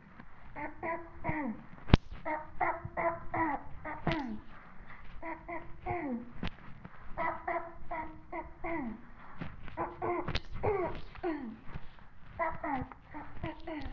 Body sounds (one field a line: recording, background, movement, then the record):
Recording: throat clearing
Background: quiet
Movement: walking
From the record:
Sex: female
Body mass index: 18.8 kg/m2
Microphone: on the chest, facing the body